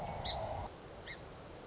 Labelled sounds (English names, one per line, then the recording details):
Song Sparrow
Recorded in Sonoma County, California